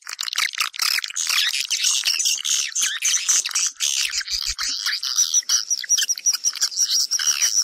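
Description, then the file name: Dense swiftlet twittering with rising and falling chirps, growing choppier and more separated near the end. Lure sound used to attract swiftlets for nest farming. "Am thanh du yen"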